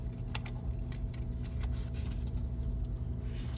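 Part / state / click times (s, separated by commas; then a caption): wiring harness connector onto engine oil pressure sensor / seated / 0.4 s. A wiring pigtail's plastic electrical connector is pushed onto the new oil pressure sensor on the engine of a Jeep Grand Cherokee during a P0520 oil pressure sensor replacement. A sharp click is heard at 0.4 s over a steady low hum, followed by a few fainter clicks and rustles, and the connector is seated.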